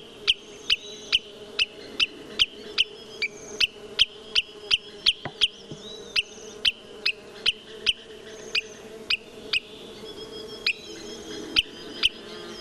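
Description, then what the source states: Wood sandpiper repeating crisp, high 'kit' alarm notes about twice a second, with occasional thinner, higher calls mixed in. Loud, monotonous 'kit, kit, kit' alarm calls.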